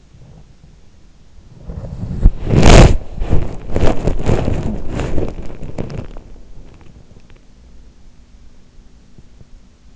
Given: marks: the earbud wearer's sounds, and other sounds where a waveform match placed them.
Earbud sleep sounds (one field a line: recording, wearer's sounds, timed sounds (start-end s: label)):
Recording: sounds in sleep by an in-ear microphone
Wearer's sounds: body movement, talking in sleep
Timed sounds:
0.00-7.63 s: body movement
4.51-4.91 s: talking in sleep